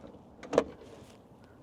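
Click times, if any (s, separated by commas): 0.5 s, 0.6 s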